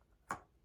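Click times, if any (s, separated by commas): 0.3 s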